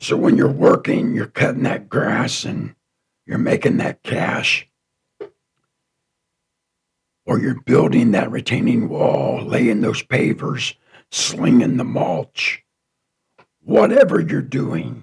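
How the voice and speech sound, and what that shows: A man speaks fluently in a low-pitched voice, with short phrases separated by pauses. His voice sounds rough, thin and slightly breathy, with creaky patches. This is a lasting dysphonia, a weak, raspy voice left by cancer.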